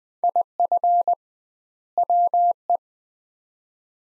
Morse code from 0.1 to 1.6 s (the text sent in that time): IF